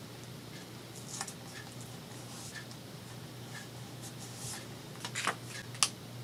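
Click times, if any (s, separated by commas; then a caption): 5.8 s. During a paper-crafting project, a craft tool is adjusted by hand, with soft rustling and small handling taps over a faint steady hum. A sharper tap comes at about 5.3 s, and a crisp, bright click at 5.8 s marks the tool part snapping back into its housing, after which the tool works much better.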